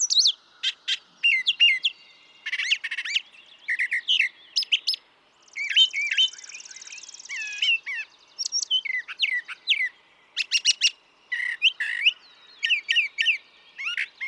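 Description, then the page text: Brown thrasher singing a rapid run of varied phrases, most given in pairs, sweeping whistles alternating with harsh rasping notes and a buzzy rattle midway. Same male in a long song sequence, part of three and a quarter hours recorded from him; his repertoire estimated at about 1300 songs. "Birdsong for the Curious Naturalist. Brown thrasher"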